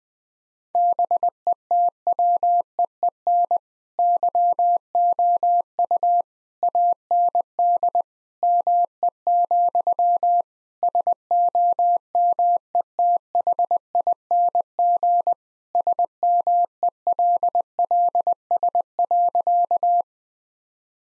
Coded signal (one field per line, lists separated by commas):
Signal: Morse code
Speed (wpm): 20 wpm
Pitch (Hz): 700 Hz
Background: none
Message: BETWEEN YOU AND ME, SOMETHING SMELLS.